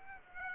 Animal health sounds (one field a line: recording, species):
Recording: mosquito wingbeat signal from an infrared sensor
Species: Aedes aegypti